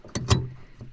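An H7 low-beam bulb is pushed by hand into the bottom of the headlight holder of a Citroen C5, where a spring holds it in place. A sharp click sounds at 0.15 s, followed by a louder broadband rustle around 0.3 s that fades into a low hum. The bulb is seated in the holder.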